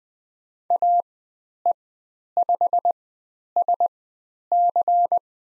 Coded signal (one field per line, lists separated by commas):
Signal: Morse code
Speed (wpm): 20 wpm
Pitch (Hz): 700 Hz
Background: none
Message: AE5SC